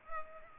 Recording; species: mosquito wingbeat signal from an infrared sensor; Culex pipiens